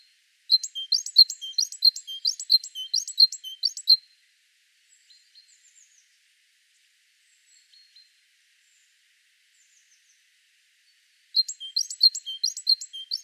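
Great tit calls in fast bright phrases, each a sharp high note with a lower whistled tail, repeated for about four seconds, a quiet gap, then resuming.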